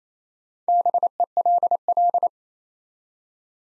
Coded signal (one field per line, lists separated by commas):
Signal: Morse code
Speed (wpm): 27 wpm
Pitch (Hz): 700 Hz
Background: none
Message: BELL